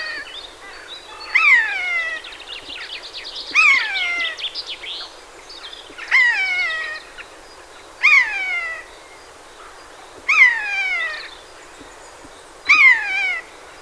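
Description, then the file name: Eurasian jay repeating a harmonic, mew-like call that drops in pitch, six times, with a brief burst of quick notes early on. "Garrulus glandarius"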